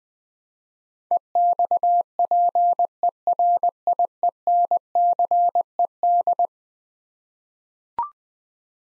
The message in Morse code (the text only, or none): EXPERIENCED